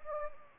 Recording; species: mosquito wingbeat signal from an infrared sensor; Anopheles gambiae